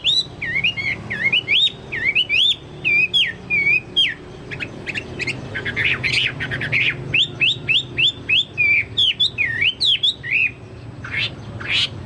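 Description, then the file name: Chinese hwamei song, a loud run of rich whistled phrases, rising and falling notes repeated in quick bursts with short pauses, over low hum. "hwamei-2-omkicau"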